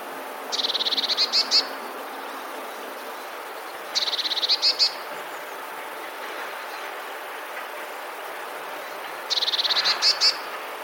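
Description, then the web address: Eurasian blue tit song: three separate phrases a few seconds apart, each a quick run of high notes ending in a few louder ones. "modraszkoteka"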